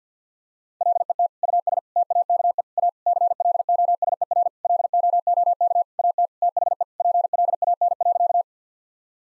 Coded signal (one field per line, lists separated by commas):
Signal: Morse code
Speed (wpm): 50 wpm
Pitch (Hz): 700 Hz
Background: none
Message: LET US TAKE A CLOSER LOOK AT THE PLAN.